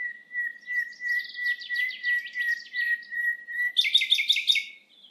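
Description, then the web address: Common nightingale holds a long, steady, pure whistle while quick twittering notes sound over it. It ends with a loud, rapid, rattling trill. "SETE data Luscinia megarhynchos"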